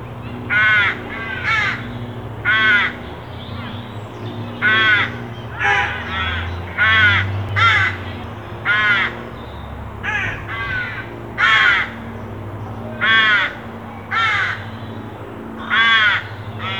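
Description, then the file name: Carrion crow cawing persistently: many short, harsh caws over a steady low drone. "Corvus corone"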